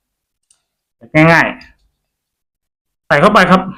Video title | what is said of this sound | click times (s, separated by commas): เข็มขัดหนังวัวเเท้camel | เวลาจะปลดล็อคครับกดฝั่งนี้แล้วก็ดึงออก | 0.4 s, 0.5 s